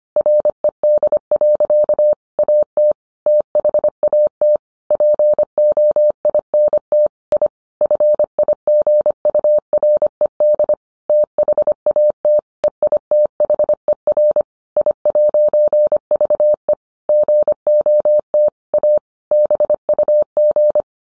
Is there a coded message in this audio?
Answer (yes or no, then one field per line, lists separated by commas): yes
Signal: Morse code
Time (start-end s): 0.2-20.8 s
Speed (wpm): 25 wpm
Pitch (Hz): 600 Hz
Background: none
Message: RED. AT THAT POINT I FIGURED THAT EITHER I'VE GOT A BUG